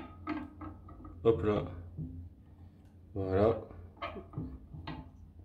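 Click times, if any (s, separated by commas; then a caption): 4.9 s. A second arm is fitted onto the body of a Gaming Heads Lara Croft Tomb Raider PS1 collectible resin/PVC statue, where it is held by a magnetic joint. Someone talks while small handling taps are heard, then the arm snaps into place with a sharp click at 4.9 s. The arm is seated.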